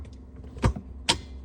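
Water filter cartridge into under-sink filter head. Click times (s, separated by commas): 1.1 s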